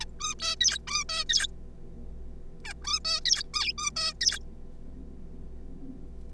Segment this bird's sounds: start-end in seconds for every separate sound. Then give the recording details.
0.01-0.05, 0.20-0.34, 0.39-0.55, 0.60-0.78, 0.87-1.04, 1.09-1.24, 1.29-1.47, 2.65-2.73, 2.82-2.84, 2.84-2.99, 3.05-3.20, 3.25-3.43, 3.54-3.72, 3.78-3.90, 3.96-4.13, 4.21-4.39. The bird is a juvenile. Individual R3549